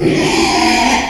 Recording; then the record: squeal of a Yucatan mini pig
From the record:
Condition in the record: after surgery on the right vocal fold (resection and tissue-engineered implant); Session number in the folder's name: 2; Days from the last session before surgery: 13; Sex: male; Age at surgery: 12 weeks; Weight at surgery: 13 kg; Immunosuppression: cyclosporine, prednisolone